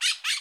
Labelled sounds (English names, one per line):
Brown-throated Parakeet contact call